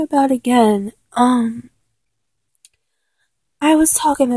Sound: ultra-feminine voice